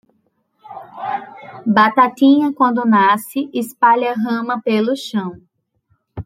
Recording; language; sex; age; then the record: short text; Brazilian Portuguese; female; 30 to 39 years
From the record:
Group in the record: control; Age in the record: 32 years